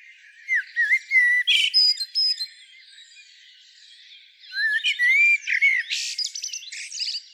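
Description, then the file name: Common blackbird song: warbled whistles and scratchy twitters, then a few quiet seconds, then another rich burst of phrases. "Turdus merula"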